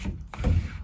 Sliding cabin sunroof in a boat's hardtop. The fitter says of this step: or you should just call it today the roof slides open locks into place just like that